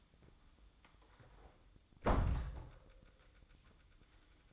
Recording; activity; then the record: daily activity, microphone in the room; close door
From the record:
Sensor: 3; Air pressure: 1004.9 hPa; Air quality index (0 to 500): 72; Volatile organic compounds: 2 ppm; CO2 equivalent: 1073 ppm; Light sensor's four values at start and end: 9/20/8/8 and 9/20/8/8